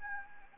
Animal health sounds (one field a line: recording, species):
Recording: mosquito wingbeat signal from an infrared sensor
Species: Anopheles gambiae